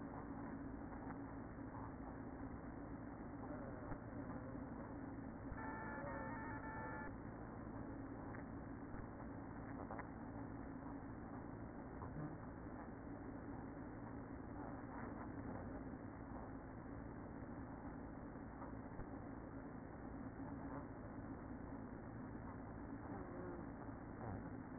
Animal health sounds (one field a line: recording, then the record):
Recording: honeybee colony, microphone inside the hive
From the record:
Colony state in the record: queen present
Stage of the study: after two queens were removed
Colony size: about 60,000 bees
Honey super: yes